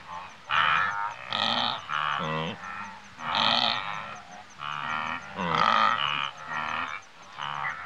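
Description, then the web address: Wildebeest herd calling with buzzy, honking grunts, some notes sliding upward, overlapping bursts about every second. Several wildebeest grazing in Africa. "BBC Sound Effects Library. Africa. Wildebeest"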